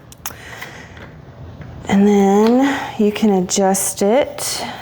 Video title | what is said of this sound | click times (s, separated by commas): Is O-Cedar EasyWring Mop the BEST Upgrade for Your Cleaning Routine? | Nope, your mop pad just snaps right in there. | 0.3 s